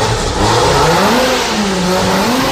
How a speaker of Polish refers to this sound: W Polsce trudno złapać na gorącym uczynku kogoś, kto hałasuje motocyklem lub podkręconym autem, a wiemy, jak to drażni, zwłaszcza gdy ktoś urządza sobie rajdy nocą. Pisk opon, dym spodku, warkot silnika.